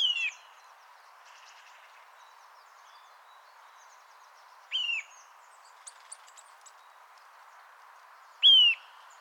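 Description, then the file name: Eurasian nuthatch giving three loud, clear whistled notes spaced about four seconds apart, each falling slightly at the end, with faint chirps between. "Sitta europaea"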